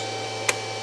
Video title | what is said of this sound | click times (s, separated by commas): MP220IDV Multi-Process Welder | to do it until it snaps into place | 0.5 s